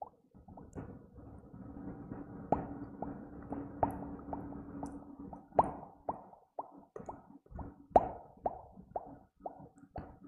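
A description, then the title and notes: Bubbles pop in quick, irregular bursts, short bright plops over a low steady hum, thinning after six seconds into sparser pops. Bubble and Popping sounds.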